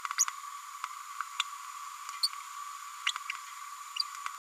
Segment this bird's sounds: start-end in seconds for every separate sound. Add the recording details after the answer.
0.18-0.25, 2.23-2.28, 3.06-3.13. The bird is a female. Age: 31 days. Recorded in a nest box in Venezuela. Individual 17B102A5